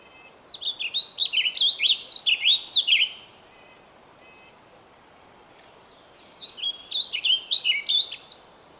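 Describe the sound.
Bird song, two phrases of rapid, sweet, down-slurred whistles about three seconds apart, each lasting roughly two to three seconds.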